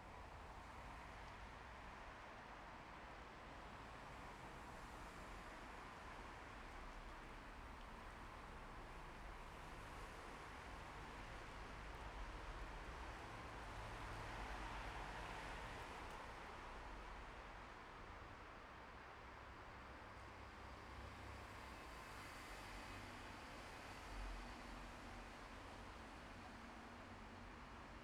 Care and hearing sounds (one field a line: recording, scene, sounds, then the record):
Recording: everyday scene through a hearing-aid microphone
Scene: in traffic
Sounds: traffic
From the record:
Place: bus stop on a city main road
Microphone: behind the ear, left, front